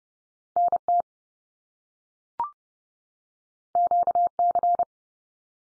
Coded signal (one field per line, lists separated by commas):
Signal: Morse code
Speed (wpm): 30 wpm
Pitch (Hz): 700 Hz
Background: none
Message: NT QC